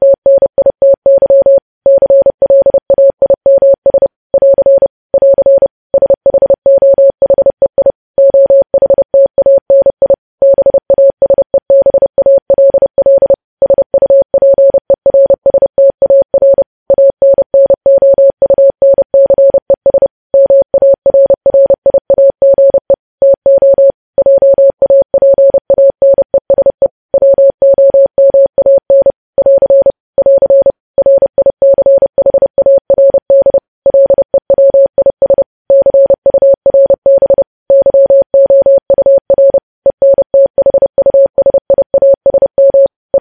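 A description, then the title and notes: Morse code keyed as a single steady mid-pitched tone, switching on and off in rapid dots and dashes with brief silent gaps between characters. The sending is fast and continuous for the whole span, with no other sounds behind it. Morse code.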